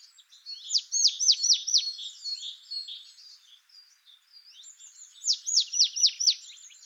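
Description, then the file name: Marsh tit calls in two quick runs of sharp, descending high notes, separated by a few seconds of light background twittering. "Poecile palustris"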